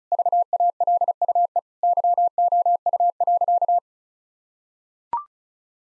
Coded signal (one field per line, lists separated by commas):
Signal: Morse code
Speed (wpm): 36 wpm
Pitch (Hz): 700 Hz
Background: none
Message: VALUE YOU.